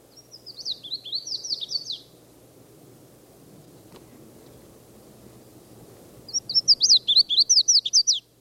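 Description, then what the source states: Red-faced Warbler song, two bursts of rapid, high, slurred chips a few seconds apart, the second louder. Foot of Mount Eldon Road, 17 May, about 10 to 10:30; sang after several other calls while flying from one tree to another.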